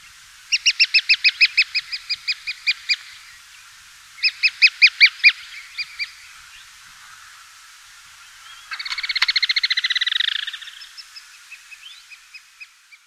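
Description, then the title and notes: Common miner calls: two runs of sharp, ringing, harmonic notes in quick series, then a faster buzzy trill that fades out near the end. "Museo de Ciencias de Bahía Blanca. Caminera ( Geositta cunicularia )"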